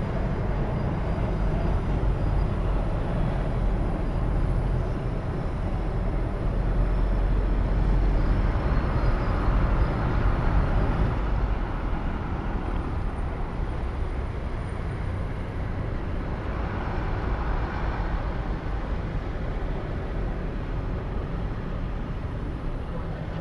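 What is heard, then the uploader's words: A steady, dense rumble from inside a moving car fills the whole stretch, heavy in the low end with a constant road hiss above it. The loudness stays nearly even, swelling slightly around seconds seven to ten. A faint high whine runs throughout. 1 Hour Car Ride. A long car ride. City At Night.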